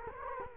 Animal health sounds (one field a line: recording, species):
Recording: mosquito wingbeat signal from an infrared sensor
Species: Culex quinquefasciatus